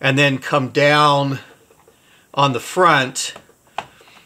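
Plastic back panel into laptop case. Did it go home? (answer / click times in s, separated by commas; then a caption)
yes / 3.8 s. A plastic back panel is refitted to an IBM PS/2 L40SX laptop case during reassembly after a backup battery replacement, with the rear edge seated first and then the front and each side pressed down. Someone talks, then the panel clip snaps into place with a short, sharp click at 3.8 seconds, and the panel is seated.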